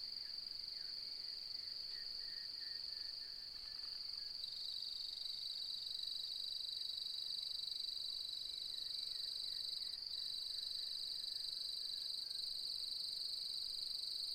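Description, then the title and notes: Cricket song, a shrill rapid trill held at one pitch. Nocturnal cricket song beginning at dusk as the full moon rises, fluctuating; autumn, 4 May 2015; Mallee woodland, outback, Mungo National Park, NSW, Australia. "Autumnal Dusk At Mungo National Park, NSW, Australia. As the light fades and the full moon rises.. the nocturnal cricket song begins and fluctuates. Recorded on the 4th of May, 2015 in the outback"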